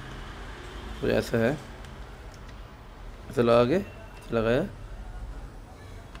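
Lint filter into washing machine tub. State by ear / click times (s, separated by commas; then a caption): seated / 6.1 s. Someone talks while fitting the cleaned plastic lint filter back into the tub of a Panasonic 7.2 kg fully automatic top-load washing machine and pushing it home. A short click is heard at 6.2 s as the filter locks into place, confirmed seated.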